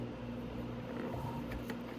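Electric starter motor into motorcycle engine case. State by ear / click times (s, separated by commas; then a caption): not seated / none. An electric starter motor for a Venom X22GT 250cc motorcycle is handled against the engine case over a steady low hum, with two faint brief knocks near 1.5 and 1.7 seconds. Nothing has seated or clicked into place yet.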